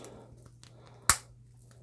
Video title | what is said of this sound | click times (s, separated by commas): Motu Origins Snake Men Review with the Fortress of Fangs | Pops in there really easy | 1.1 s